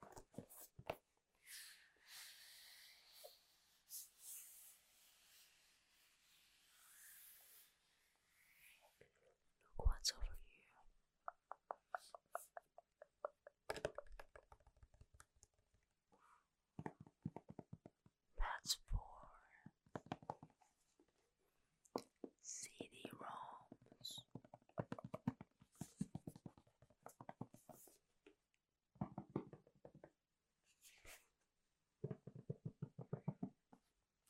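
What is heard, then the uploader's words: Fingertips tap and scratch on gadgets, keyboards, laptops and product boxes. The first seconds hold a soft, hissy rubbing; from about ten seconds on come bursts of fast, crisp tapping, separated by short silences. Gentle/Fast tapping on all things Apple. You'll hear me tapping HomePod mini, Magic Keyboards, different MacBooks, awesome product boxes and cases that make amazing sounds etc.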